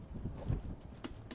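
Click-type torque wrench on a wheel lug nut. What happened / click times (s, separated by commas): The torque wrench clicked twice, reaching set torque on the lug nut / 1.0 s, 1.3 s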